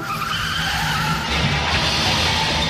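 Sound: car tires skidding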